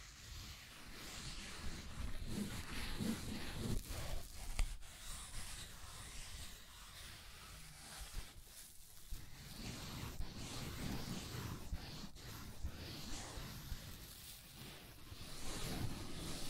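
Scratching and tracing sounds run through the whole clip as a dense, rough rustle, with short irregular strokes and small bumps. A sharp tap stands out near the fifth second, and the scraping grows a little fuller toward the end.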